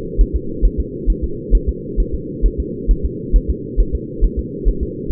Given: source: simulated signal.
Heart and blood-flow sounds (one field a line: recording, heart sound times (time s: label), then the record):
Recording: fetal heart sounds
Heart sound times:
0.21 s: S1
0.36 s: S2
0.65 s: S1
0.80 s: S2
1.10 s: S1
1.24 s: S2
1.55 s: S1
1.69 s: S2
2.00 s: S1
2.15 s: S2
2.46 s: S1
2.60 s: S2
2.91 s: S1
3.05 s: S2
3.36 s: S1
3.50 s: S2
3.80 s: S1
3.95 s: S2
4.24 s: S1
4.39 s: S2
4.68 s: S1
4.83 s: S2
From the record:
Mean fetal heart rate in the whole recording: 135 bpm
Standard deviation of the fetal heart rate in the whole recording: 3 bpm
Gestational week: 36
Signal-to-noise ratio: -4.3 dB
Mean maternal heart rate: 72 bpm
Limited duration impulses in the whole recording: absent